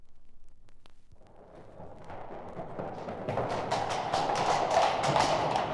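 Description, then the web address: Horse hoofbeats, a steady clopping walk at about four steps per second, the hard strikes growing louder over several seconds. A pair of horses walking past in single file along an alley, then returning. "horses in alley walk pair past single file and return"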